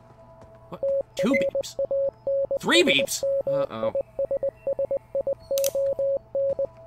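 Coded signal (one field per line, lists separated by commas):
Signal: Morse code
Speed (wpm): 20 wpm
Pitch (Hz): 550 Hz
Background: speech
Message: TRANSMISSION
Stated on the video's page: Morse code heard in the game Receiver 2, on its final tape.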